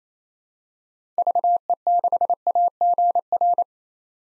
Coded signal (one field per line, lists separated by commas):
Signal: Morse code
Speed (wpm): 28 wpm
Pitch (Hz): 700 Hz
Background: none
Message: VE6AGR